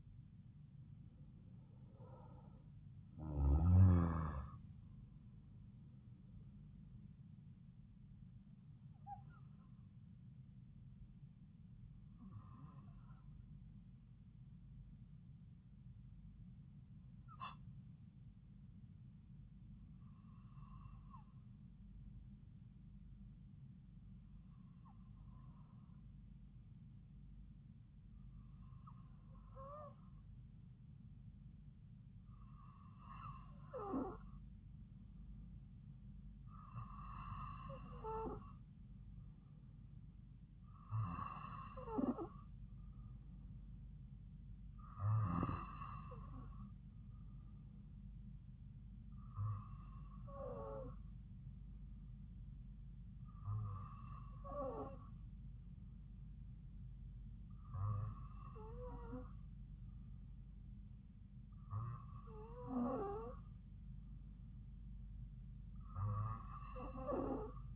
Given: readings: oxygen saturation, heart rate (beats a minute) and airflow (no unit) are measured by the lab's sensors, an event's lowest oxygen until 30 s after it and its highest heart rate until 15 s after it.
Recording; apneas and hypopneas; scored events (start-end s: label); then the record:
breathing in sleep by a smartphone at the bedside; 1
23.00-42.90 s: hypopnea (N2, oxygen 96% highest, then 93% lowest)
From the record:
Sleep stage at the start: N2 (light sleep); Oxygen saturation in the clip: 92 to 96%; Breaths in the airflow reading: 15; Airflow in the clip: -4.9 to 4.7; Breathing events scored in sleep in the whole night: 270 in 6.1 hours asleep